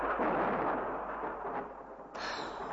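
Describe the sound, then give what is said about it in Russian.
A long, heavy roll of thunder from a storm approaching not far away rumbles steadily for a few seconds, deep and loud, with a brief surge of crackling near the end and no voices. “Ой, где-то недалеко буря. Она надвигается на нас.”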